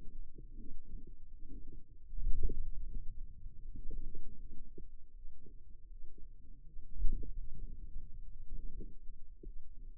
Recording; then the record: forearm muscle sounds (acoustic myography)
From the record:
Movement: ulnar deviation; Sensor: system 2, bracelet of six BSWA MPA416 microphones around the upper forearm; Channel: 3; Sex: female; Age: 23 years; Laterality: right